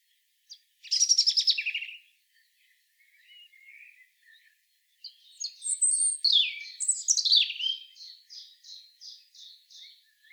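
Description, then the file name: European robin singing a loud rattling trill, soft thin notes, then a cascading high warble that ends in a rapid series of repeated chirps; quiet background. "Erithacus rubecula"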